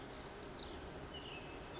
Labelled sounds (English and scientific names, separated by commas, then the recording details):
Pacific Wren (Troglodytes pacificus)
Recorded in Sonoma County, California